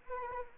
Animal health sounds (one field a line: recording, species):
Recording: mosquito wingbeat signal from an infrared sensor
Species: Anopheles arabiensis